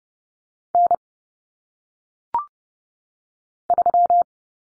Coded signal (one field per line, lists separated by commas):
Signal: Morse code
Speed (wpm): 30 wpm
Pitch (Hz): 700 Hz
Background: none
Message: N 3